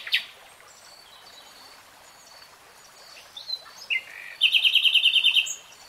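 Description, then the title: Nightingale song: a sharp opening note, scattered soft phrases, then a loud rapid throbbing trill near the end. Nightingale singing in real time. "[Tiếng chim hót] 3 Hours REALTIME Nightingale Singing"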